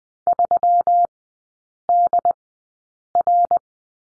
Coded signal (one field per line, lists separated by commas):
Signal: Morse code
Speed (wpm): 20 wpm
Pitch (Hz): 700 Hz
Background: none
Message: 3DR